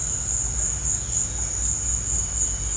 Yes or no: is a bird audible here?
no